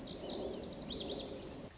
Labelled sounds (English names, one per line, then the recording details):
Lazuli Bunting
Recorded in Sonoma County, California